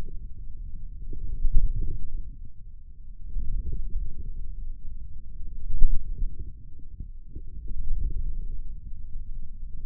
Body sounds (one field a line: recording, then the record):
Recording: forearm muscle sounds (acoustic myography)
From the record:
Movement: wrist flexion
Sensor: system 2, bracelet of six BSWA MPA416 microphones around the upper forearm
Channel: 6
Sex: male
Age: 22 years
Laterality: right